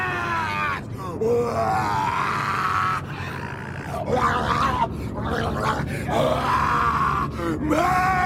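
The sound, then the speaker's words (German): Strained, drawn-out vocal groans and rising, pitched shrieks pour out almost without pause, loud and raw, with harsh grunting breaths between them, as Gollum struggles with Frodo, bites off his finger and holds up the Ring, shrieking. “Und Gollum hielt kreischend den Ring hoch, in dem noch ein Finger steckte.”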